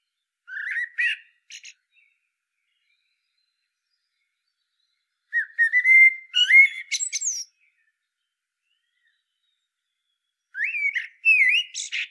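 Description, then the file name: Common blackbird song: three separate phrases, each a fluted whistle that ends in a high, squeaky twitter, with pauses of several seconds between them. "Turdus merula"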